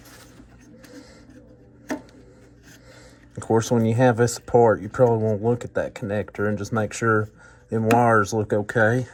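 A wiring harness connector is plugged into the new EVAP vent valve solenoid on a Silverado during a vent valve solenoid replacement to fix a P0449 code. After some quiet fumbling, a single sharp click at 1.9 s marks the connector seating. Someone then talks.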